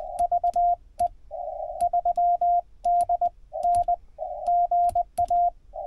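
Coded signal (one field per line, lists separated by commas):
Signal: Morse code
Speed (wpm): 20 wpm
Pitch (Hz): 700 Hz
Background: radio noise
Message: VE3DN GA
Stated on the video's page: Morse sent during a Parks on the Air activation at a Pennsylvania state gamelands park, using an Icom 7100.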